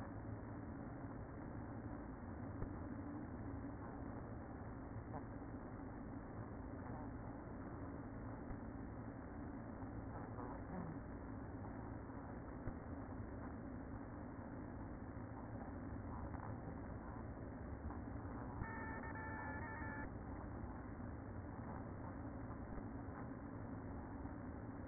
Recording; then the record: honeybee colony, microphone inside the hive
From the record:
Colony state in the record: queen present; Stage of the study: after two queens were removed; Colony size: about 60,000 bees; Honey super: yes